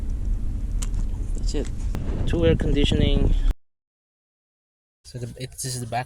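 On a 2023 Subaru Outback Premium, the metal part of the other hook is pushed into the keyhole on the belt anchor to release the rear middle seat belt hook. A sharp metallic click at 0.8 s marks the hook coming free, followed by softer clicks and someone talking. The sound cuts to silence for about a second and a half before someone talks again.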